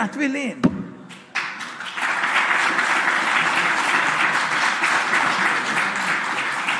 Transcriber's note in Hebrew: מחיאות כפיים